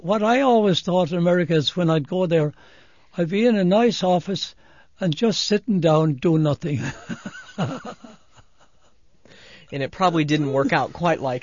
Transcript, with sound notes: What I always thought of America is when I'd go there I'd be in a nice office and just sittin' down doin' nothing. (laughs long, without any noise)
And it probably didn't work out quite like that.